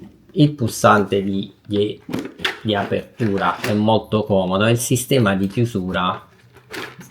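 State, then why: Seated. Someone talks about an Airoh Mathisse II modular motorcycle helmet with a thermoplastic shell as its chin bar is closed. A short, quiet click is heard at 7.0 s as the closing latch engages and the chin bar locks into place in the helmet shell.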